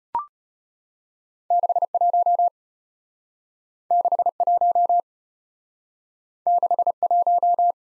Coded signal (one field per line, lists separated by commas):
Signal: Morse code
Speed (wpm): 34 wpm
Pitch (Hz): 700 Hz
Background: none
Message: 61 61 61